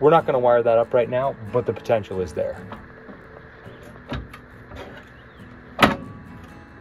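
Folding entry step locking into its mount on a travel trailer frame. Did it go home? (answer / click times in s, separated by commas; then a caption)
yes / 5.8 s. Someone talks as a new aluminum single Thule entry step on an Airstream travel trailer is swung back up. It locks into its stowed position on the trailer frame with one loud clunk at 5.8 s, seating firmly.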